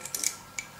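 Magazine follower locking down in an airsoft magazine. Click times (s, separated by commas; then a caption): 0.3 s. The spring follower of a 50-round airsoft replica magazine for a G11 (MAC-11 or M11) is pulled down until it locks in place for loading. A few light ticks are heard near the start, then a small click at 0.3 s as the follower locks down and seats, and a separate sharp tick follows near 0.6 s.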